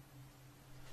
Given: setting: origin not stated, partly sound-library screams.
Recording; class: one-second piece from a danger detection set; normal situation